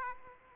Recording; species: mosquito wingbeat signal from an infrared sensor; Aedes aegypti